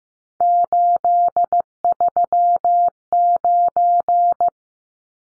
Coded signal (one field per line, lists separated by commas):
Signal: Morse code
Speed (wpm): 15 wpm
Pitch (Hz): 700 Hz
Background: none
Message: 839